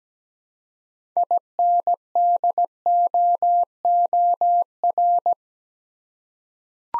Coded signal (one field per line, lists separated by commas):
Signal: Morse code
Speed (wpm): 17 wpm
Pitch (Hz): 700 Hz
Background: none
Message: INDOOR